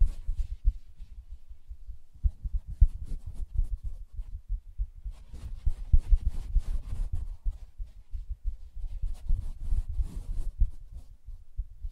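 Fingers tap and scratch on a soft fabric surface in quick, irregular bursts of dull low thuds mixed with faint papery rustles. The activity is dense and busy throughout, with a brief lull around two seconds and brighter scratchy stretches near five to seven and nine to eleven seconds.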